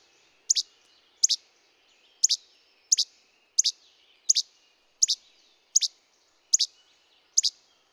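Bird chirping: sharp, very high double chirps, about ten in all, repeated steadily a little more than once a second.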